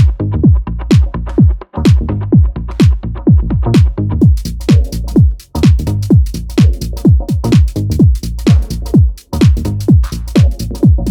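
Steady, deep whooshing thumps at about 128 a minute, the muffled heartbeat heard from inside the womb.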